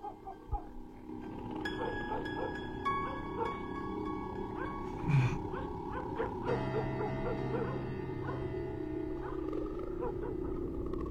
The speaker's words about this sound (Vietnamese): Còn chó ho vẫn cứ chĩa ra ngoài cổng mà sủa suốt cả một đêm hôm ấy.